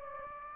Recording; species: mosquito wingbeat signal from an infrared sensor; Anopheles gambiae